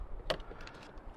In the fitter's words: and this just unlocks it and pops right out.